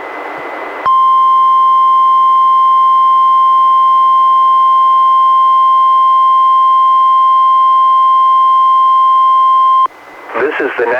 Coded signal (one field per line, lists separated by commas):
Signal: Emergency Alert System (SAME) tones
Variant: 1050 Hz attention tone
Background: speech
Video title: EAS #589: NWR Required Weekly Test- Dec. 8, 2021- 11:30AM PST